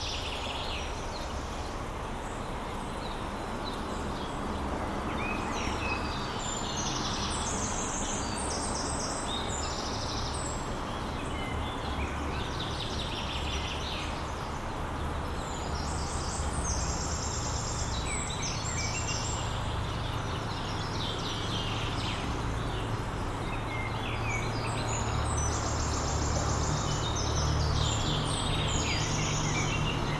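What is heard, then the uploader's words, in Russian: Nature sounds mixed with traffic: a steady low rumble of passing vehicles runs underneath the whole half minute, with a faint hiss on top. High, bright bird chirps come in bursts, clustered around 7–12 seconds, 16–19 seconds and again near the end. 3D саундскейп передаёт атмосферу майского утра г. Звуки природы гармонично переплетены с движением цивилизации.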